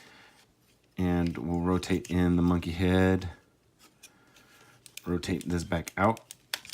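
Someone talks while turning a plastic torso section of a Transformers Power of the Primes Optimal Optimus transforming toy back out during its conversion, with short, sharp plastic handling sounds near the end. The part is meant to twist and lock into the figure's body, but nothing has seated or clicked yet.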